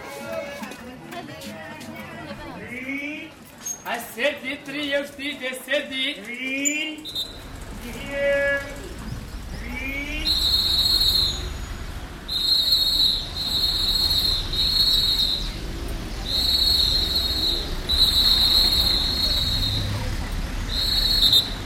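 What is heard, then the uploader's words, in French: Voices call out in a busy street for the first seven seconds, lively overlapping shouts. After that a steady low rumble of traffic or engines takes over, and from about ten seconds a high, piercing whistle-like tone repeats in regular bursts until the end. Les cris d'une ville. Le cri des vendeurs d'eau. Les sirènes des bateaux. Le salut des gamins dans les rues de Tanger. Echos, voix et ambiances du Maroc.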